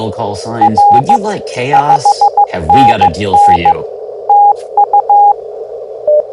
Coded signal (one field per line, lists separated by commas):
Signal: Morse code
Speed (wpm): 15 wpm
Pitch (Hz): 820 Hz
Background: speech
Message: R 5NN TU